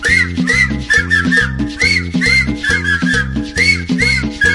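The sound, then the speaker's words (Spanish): Several people whistle a bright, wavering melody over a steady, bouncy cumbia beat with a thumping bass line; the music is loud and continuous, and no one speaks. “Chiflando a todos.”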